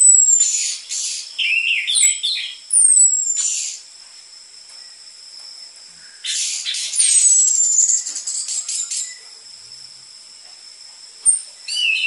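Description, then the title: Orange-headed thrush delivering choppy bursts of rich chattering notes and falling whistles, with long quiet gaps and an unbroken thin high tone. Prolific orange-headed thrush song on a lure recording for training cage birds, with dense filler material suited for tutoring spotted Trotol orange-headed thrushes. "PANCINGAN Anis Merah Gacor Materi Isian Rapat Cocok Untuk MASTERAN Anis Merah TROTOL"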